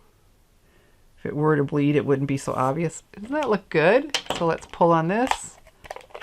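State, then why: Seated. A woman talks while flipping the hinged plastic lid of an ink stamp pad case shut after inking with a soft suede pad. A small, sharp click is heard at 5.9 s amid a brief cluster of light ticks. The lid latches closed.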